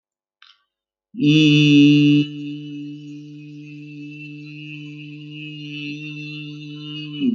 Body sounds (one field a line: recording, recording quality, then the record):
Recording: sustained vowel as in beet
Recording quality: excellent, no background noise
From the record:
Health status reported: healthy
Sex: male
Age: 30 years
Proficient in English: no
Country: India